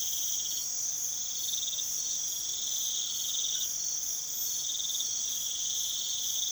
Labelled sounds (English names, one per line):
none